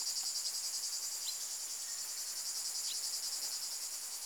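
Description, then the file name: Lyristes plebejus song, a continuous high buzzing drone with a faint pulsing texture, steady throughout, with a few faint brief chirps. "plebejus"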